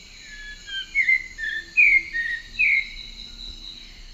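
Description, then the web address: Red-crowned ant tanager song: a few short, slurred whistles given in quick succession over a steady high insect hum. Song and calls, recorded in the eastern lowlands of South America. "Natures Songs S America Eastern Lowlands. Habia rubica, song and calls"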